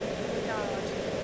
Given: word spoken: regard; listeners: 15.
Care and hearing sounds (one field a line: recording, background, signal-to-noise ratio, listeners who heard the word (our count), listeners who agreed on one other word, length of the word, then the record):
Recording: one English word in noise, from a listening test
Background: speech-shaped noise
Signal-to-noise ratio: -6.8 dB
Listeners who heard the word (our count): 1 of 15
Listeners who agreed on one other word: 6 of 15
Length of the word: 0.84 s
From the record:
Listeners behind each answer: 6, 3, 2, 2, 1, 1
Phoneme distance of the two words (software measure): 14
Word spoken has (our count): 2 syllables, 5 phonemes, stress on syllable 2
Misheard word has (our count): 1 syllable, 3 phonemes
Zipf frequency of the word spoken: 4.19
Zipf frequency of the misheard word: 4.33